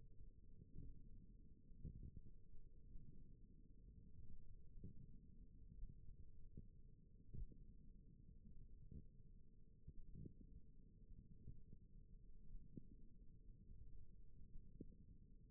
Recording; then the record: forearm muscle sounds (acoustic myography)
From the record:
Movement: wrist flexion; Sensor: system 1, eight BSWA MPA416 microphones around the upper forearm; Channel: 1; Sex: female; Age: 21 years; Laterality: right